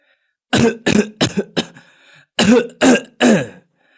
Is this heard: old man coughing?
yes